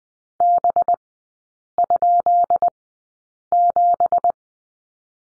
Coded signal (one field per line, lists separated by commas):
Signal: Morse code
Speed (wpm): 20 wpm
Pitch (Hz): 700 Hz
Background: none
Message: B?7